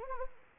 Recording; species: mosquito wingbeat signal from an infrared sensor; Anopheles arabiensis